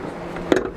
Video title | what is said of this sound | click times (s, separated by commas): DU68NHT Used Honda Jazz SE Navi CVT | the base on this also lifts up and locks into place gives you some valuable height space in the rear of the car | 0.5 s